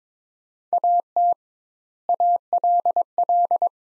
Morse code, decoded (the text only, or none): AT ALL